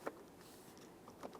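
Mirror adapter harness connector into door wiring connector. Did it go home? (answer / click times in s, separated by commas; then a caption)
yes / 0.1 s. A tow mirror's specialty wiring adapter harness has its far-end plastic connector lined up and pressed into the door wiring connector on a 2007-2017 Ford Expedition. A sharp click at 0.1 s is followed by a few fainter ticks around 0.8 s, 1.1 s, 1.3 s and 1.4 s. The connector is seated, and a light tug afterward checks that it is secure.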